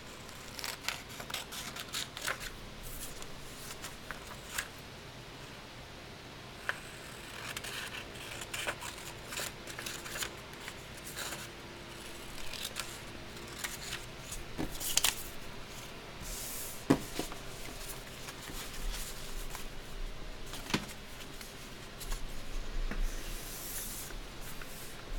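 Soft shuffling, rubbing and light scraping from candle dressing and cutting, with scattered sharp clicks and brief bright hisses over a low steady hum.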